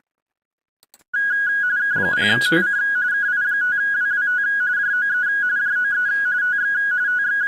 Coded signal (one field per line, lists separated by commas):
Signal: RTTY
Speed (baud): 45.45 baud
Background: speech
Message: K0TC KI5WWT JOE JOE TX TX